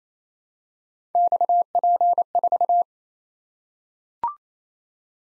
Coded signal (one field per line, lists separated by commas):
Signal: Morse code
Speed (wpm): 29 wpm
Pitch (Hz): 700 Hz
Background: none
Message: XP4